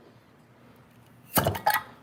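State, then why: Released. A metal canning lid on a sealed, home-canned glass jar from March 2019 is pried off with a spoon. The clip is near-silent until about 1.3 s. Then a sharp metallic clink and pop is heard at 1.6 s as the vacuum seal breaks and the lid releases, followed by a second clink around 1.7 s.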